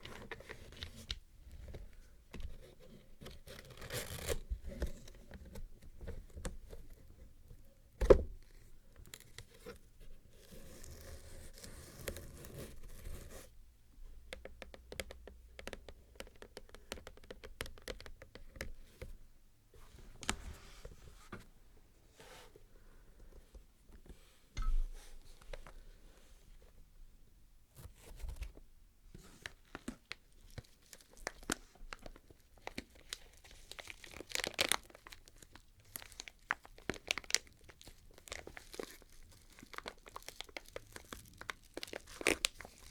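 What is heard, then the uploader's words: A microphone is unboxed with crisp rustling, crinkling and tearing of packaging that comes in irregular bursts throughout. Sharp handling knocks stand out near 8 and 35 seconds, with a low thudding undertone early on and brief quieter pauses between the handling. Crisp and Bassy Microphone Unboxing. No Talking.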